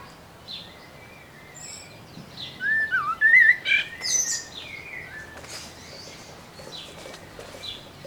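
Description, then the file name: Common blackbird singing one brief fluty warbled phrase with a thin high squeak at its end. "Turdus merula"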